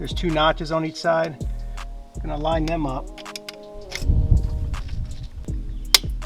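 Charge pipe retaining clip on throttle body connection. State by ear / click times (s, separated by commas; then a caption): seated / 6.0 s. A retaining clip on the charge pipe to throttle body joint is lined up with its two notches on each side and pushed on. Someone talks, then there is a series of light handling ticks and scrapes. The clip clicks into place with a sharp snap at 5.9 s, and it is seated.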